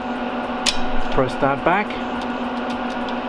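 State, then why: Seated. A Fujitsu server rail end is popped into the rack cabinet post, and its spring latch snaps home with a sharp click at 0.7 s. Someone talks over a steady background hum. The latch seats and locks into place.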